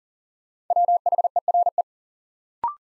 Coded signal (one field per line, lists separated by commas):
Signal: Morse code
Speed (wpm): 40 wpm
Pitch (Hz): 700 Hz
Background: none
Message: WHERE